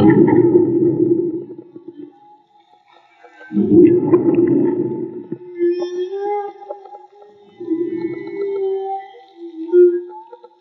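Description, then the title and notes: Whale moans mixed with loud gravelly rumbling bursts, followed by shorter wavering low tones and a few high squeaks. Whale song, recorded in the field with DIY hydrophones. "CANTO DE BALLENAS MAGMA. Grabación de campo y construcción dehidrofonos DIY. Limpieza de audio."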